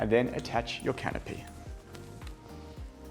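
A pram canopy mount is handled over the seat frame while someone talks and music plays underneath, with a few short, faint taps near 1.9 and 2.3 seconds. Nothing has seated or clicked yet; the canopy mounts have not been pushed down onto the seat frame to click into place.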